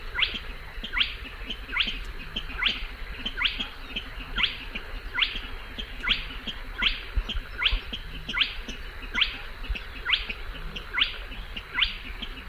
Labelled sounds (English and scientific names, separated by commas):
Spotted Crake (Porzana porzana)